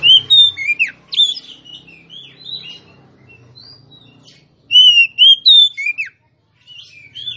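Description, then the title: Oriental magpie-robin song of varied whistles and slurred notes, quieter chatter in between, then a loud phrase of stepped whistles ending in a falling sweep; faint low hum underneath. Female song, used to lure a male whose singing has stalled into singing and fighting back at once. "Kacer Langsung Tarung Konslet KACER NGOTOT FULL TEMBAKAN. Suara kacer betinamemancing kacer jantan yg macet bunyi"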